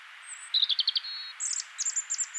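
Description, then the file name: European robin singing high, thin tinkling notes: a stuttering trill, a level whistle, then higher twittery notes, over soft background hiss. "Erithacus rubecula"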